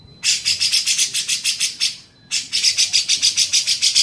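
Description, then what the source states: Grey-cheeked bulbul rasping chatter: about three to four buzzy notes per second, in two runs split by a brief silence. Masteran training recording made for teaching songbirds.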